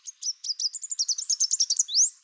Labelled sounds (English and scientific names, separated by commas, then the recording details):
Chestnut-capped Warbler (Basileuterus delattrii) song
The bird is a male
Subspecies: delattrii
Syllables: 17
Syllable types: 12
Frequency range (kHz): 3.4-8.2 kHz
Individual CR-RBS-M